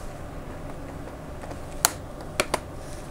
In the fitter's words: you can almost hear it snap as you do it